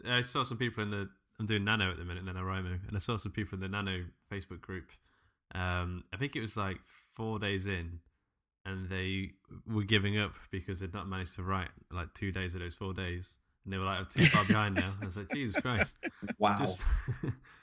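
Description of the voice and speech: A low-pitched adult male voice talks casually and fluently, with natural pauses, lively intonation and a brief laugh-like exclamation near the end. Articulation and voice quality are ordinary, consistent with typical speech without a speech disorder.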